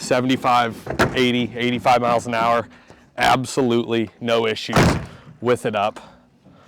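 A folding tonneau cover panel on a 21+ F150 pickup, an American-made Worksport AL4, is being handled over the truck bed rails while someone talks. The panel is being folded down, but nothing has seated or clicked yet by the end.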